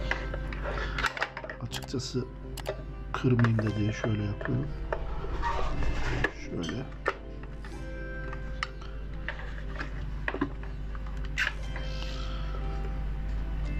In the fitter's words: takılıyor ama klik diye bir otursaydı rahatlayacaktım.